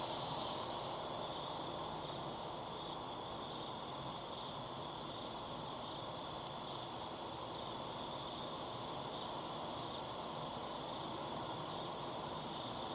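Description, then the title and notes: Crickets giving quick, evenly repeated high-pitched chirps, layered into an unbroken trilling chorus with soft hiss below. Crickets chirping at sunset in the Timanfaya pyroclastic desert, Lanzarote; recorded in the field with ambisonic equipment, converted to binaural audio. "Binaural Cricket Sounds. crickets at sunset in the incredible Timanfaya pyroclastic desert on the island of Lanzarote"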